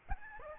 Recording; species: mosquito wingbeat signal from an infrared sensor; Aedes albopictus